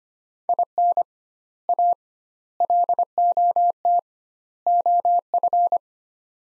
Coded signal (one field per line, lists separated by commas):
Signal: Morse code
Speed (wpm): 25 wpm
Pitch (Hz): 700 Hz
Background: none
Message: IN A LOT OF